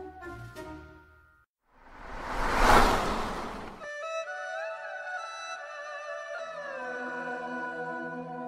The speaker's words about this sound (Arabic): ساد الظلام المعمل فيما عدا صوتا غريبا كأنه عواء أو نداء غامض يتخذ طابعا لحنيا ينبعث من جهاز التسجيل الذي يدور ببطء.